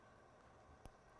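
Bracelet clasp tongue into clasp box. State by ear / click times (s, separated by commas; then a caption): seated / 0.9 s. The tongue of a fine-jewelry bracelet's box clasp is pushed into its clasp housing, with the figure-8 safety then folded down. Over a steady low background, a single short, sharp click sounds at 0.9 s as the tongue seats and the clasp locks shut.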